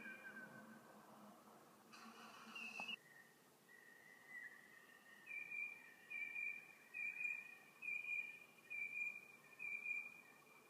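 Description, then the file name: Bird calls: a brief noisy burst early on, then high whistled notes repeated evenly about once a second over a soft hiss. "Tweets"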